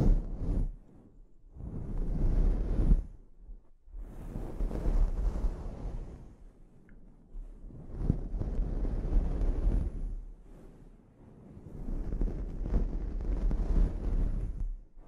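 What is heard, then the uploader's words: Scalp treatment sounds come in slow, swelling bursts of rubbing and rustling, each lasting about two seconds with brief quieter gaps between them. The texture is dense and rushing, weighted toward low rumble with a soft hiss above, almost like wind against a microphone. ASMR Sleep Inducing Scalp Treatment (No Talking).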